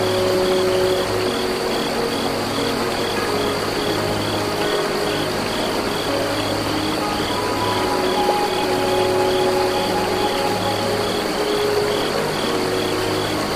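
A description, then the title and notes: Crickets chirp in a fast, regular pulse over a steady, dense rush of flowing water that stays even throughout. Faint, soft held notes drift in and out beneath, while a thin high ringing tone runs constantly in the background. Peaceful Flute Meditation Music with Small River and Crickets.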